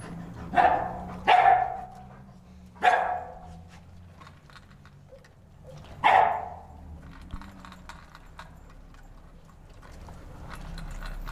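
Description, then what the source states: Dog barking in sharp single barks, two quick ones, then one, then another after a pause of about three seconds, with soft clatter between. Several dogs barking while eating and drinking water.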